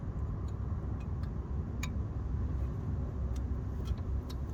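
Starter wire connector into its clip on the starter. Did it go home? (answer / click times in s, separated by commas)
no / none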